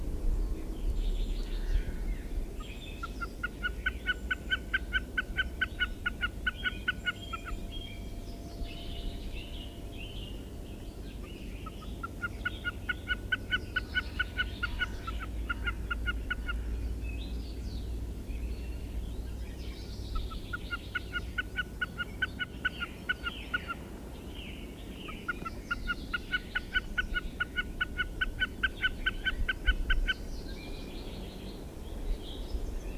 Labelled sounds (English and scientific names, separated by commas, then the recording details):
Common Snipe (Gallinago gallinago) song
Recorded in the wild
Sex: group
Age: adult
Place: Wullwinkel, Brandenburg, DE
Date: 1967-03-26
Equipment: Nagra III BH
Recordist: Schubert, Michael
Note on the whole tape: Balz auf einer Altkiefer